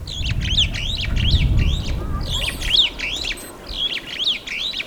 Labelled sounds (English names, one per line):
Superb Starling flight call